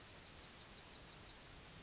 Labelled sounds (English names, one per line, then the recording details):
Yellowhammer song
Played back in forest
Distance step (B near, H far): F
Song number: 004